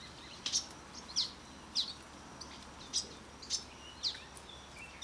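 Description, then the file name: Eurasian blackcap uttering sharp, hard tack calls, repeated several times over a steady background hiss. "Sylvia atricapilla"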